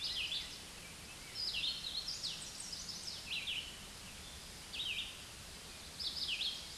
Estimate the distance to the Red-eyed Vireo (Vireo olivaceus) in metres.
about 20 m